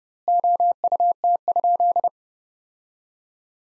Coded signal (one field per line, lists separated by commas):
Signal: Morse code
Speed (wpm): 30 wpm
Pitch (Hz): 700 Hz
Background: none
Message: OUT?